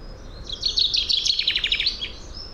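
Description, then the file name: Common chaffinch song: a rapid cascade of bright, repeated notes that descends over about one and a half seconds and ends in a short flourish, with faint low rumble beneath. "Fringilla coelebs"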